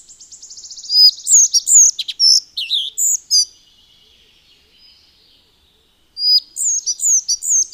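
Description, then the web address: Collared flycatcher singing: a fast buzzy trill leads into high, thin, squeaky notes. A few seconds of quiet follow, then another string of sharp high notes. "agykontroll Madardalok Cd 1. Örvös légykapó"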